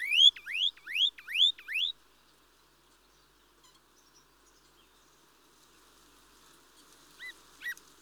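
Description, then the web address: Mistle thrush calls: five quick rising notes in a rapid series over two seconds, then quiet with two faint short notes near the end. "BBC Sound Effects Library Birds Mistle Thrush (Turdus Viscivorus)"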